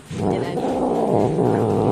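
A cat that formerly lived in the house growls in one long, low, rumbling snarl that wavers slightly in pitch, steady and fairly loud throughout, with no talking.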